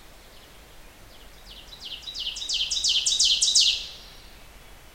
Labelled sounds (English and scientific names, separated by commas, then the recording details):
Ovenbird (Seiurus aurocapilla) song
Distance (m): 5 m
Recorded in boreal forest in Alberta, Canada, on 16 June 2016 at 05:32
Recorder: SongMeter 3, array SBT-3-32
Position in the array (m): 103 m, 141 m
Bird 37